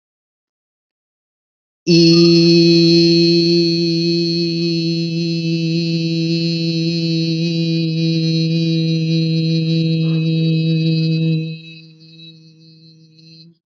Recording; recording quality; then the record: sustained vowel as in beet; excellent, no background noise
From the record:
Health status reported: healthy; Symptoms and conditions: fatigue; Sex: male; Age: 39 years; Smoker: not ticked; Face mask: not worn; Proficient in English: yes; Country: India